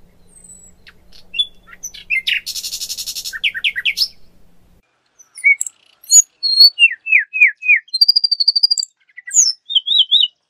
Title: Suara Burung Sikatan Londo Masteran Tembakan Full Speed Rapet